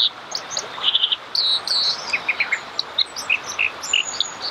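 Dipper song mixing short buzzy trills, sharp high chirps and brief whistles in a quick, varied sequence over a steady background hiss.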